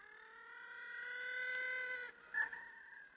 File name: 20091121 Little Penguin calls at St Kilda Breakwater